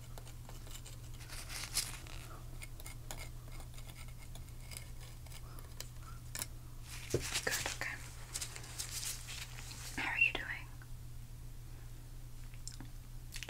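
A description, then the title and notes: A dental cleaning: irregular scraping and clicking of tools against teeth, with brief bright bursts around seven and ten seconds. A steady low hum runs underneath throughout, and the sounds stay fairly quiet. ASMR Relaxing Teeth Cleaning Dentist Check-up.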